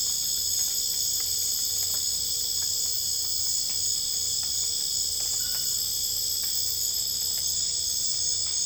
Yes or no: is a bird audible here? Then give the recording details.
no. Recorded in dense forest near Puerto Asís, Putumayo, Colombia, on 22 December 2024 at 23:00. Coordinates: 0.484, -76.325. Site G056